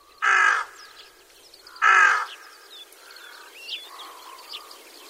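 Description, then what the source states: Rook calling with two loud, rasping caws about a second and a half apart, followed by quieter croaks and squeaky notes from a flock. Flock of rooks, cold-season-only winter visitor, in winter rice paddies in Itakura town, Gunma Prefecture, Japan.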